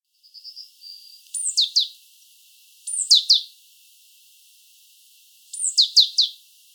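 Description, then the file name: Great tit calling: a thin high note at first, then three clusters of quick, piercing, descending notes spaced a few seconds apart. "Parus major"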